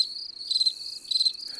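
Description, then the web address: Cricket chirping in two pulsed bursts roughly half a second apart, riding on a continuous high trill. In the garden. "Les grillons. un jour au jardin"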